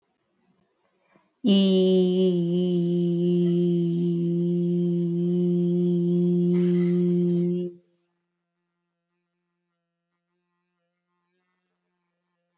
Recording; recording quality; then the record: sustained vowel as in beet; excellent, no background noise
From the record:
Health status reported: healthy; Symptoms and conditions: none ticked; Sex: female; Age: 19 years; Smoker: not ticked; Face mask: not worn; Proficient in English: yes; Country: India